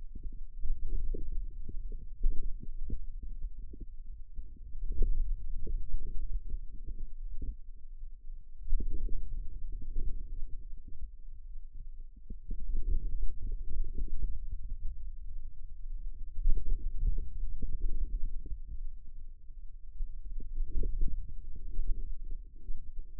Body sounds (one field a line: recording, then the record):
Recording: forearm muscle sounds (acoustic myography)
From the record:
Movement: hand opening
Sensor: system 2, bracelet of six BSWA MPA416 microphones around the upper forearm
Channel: 5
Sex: male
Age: 22 years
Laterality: right